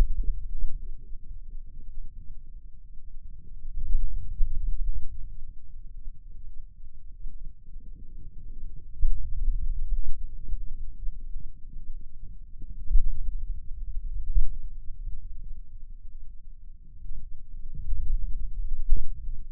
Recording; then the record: forearm muscle sounds (acoustic myography)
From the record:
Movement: pen grasping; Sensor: system 2, bracelet of six BSWA MPA416 microphones around the upper forearm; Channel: 1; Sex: male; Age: 22 years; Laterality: right